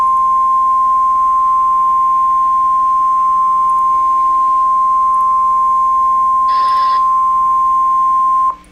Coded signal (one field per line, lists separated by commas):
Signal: Emergency Alert System (SAME) tones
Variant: 1050 Hz attention tone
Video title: (EVACUATION ORDER FOR MY HOMETOWN!!! MUST WATCH!!!!) NOAA EAS EVACUATION IMMEDIATE 5/2/21